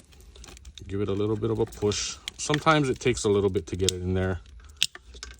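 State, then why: Seated. A wiring harness connector is lined up with the amplifier socket of a GR Corolla plug-and-play audio system and pushed in while someone talks, with small handling clicks early on. A sharp click at 4.8 s marks the connector seating snugly into the amplifier.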